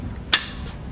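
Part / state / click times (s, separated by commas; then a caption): telescoping aluminium leg locking into a folding table's height adjuster / seated / 0.3 s. An aluminium telescoping leg of a folding camping table is pulled out to raise the table. The height lock snaps into place with a single sharp click at 0.3 s, seating the leg at its new height.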